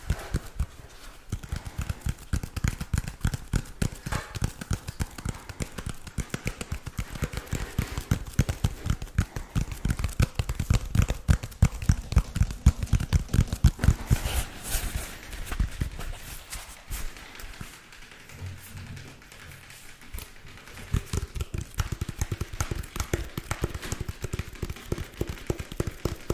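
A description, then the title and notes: Dense, rapid tapping runs almost without pause, sharp clicks clattering like hooves, easing slightly near eighteen seconds before resuming at full pace. Tapping Overload.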